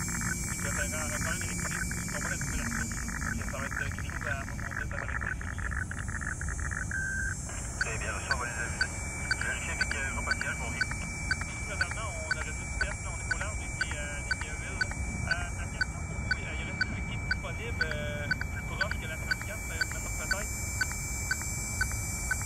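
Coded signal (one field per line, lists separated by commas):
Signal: weather fax (radiofax)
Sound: rhythmic scratchy ticking twice a second with a steady whine, under a man talking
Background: narrator speech, radio static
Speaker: and it's decoding the weather chart that you see here slowly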